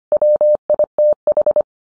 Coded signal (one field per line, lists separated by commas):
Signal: Morse code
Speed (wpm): 25 wpm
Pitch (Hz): 600 Hz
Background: none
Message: WITH